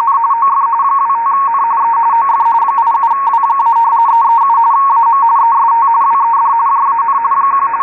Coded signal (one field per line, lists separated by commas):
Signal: RTTY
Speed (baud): 45.45 baud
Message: N OF 25N E OF 87W- 337 AM EST WED JAN 1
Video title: WLO 8472 KHZ USB RTTY Weather Broadcast using MultiPSK and Winradio Excalibur Pro